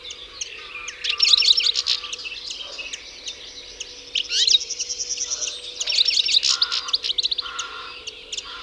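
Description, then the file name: European goldfinch song of rapid twittering phrases with short buzzy trills, coming in bursts all the way through. "Carduelis carduelis"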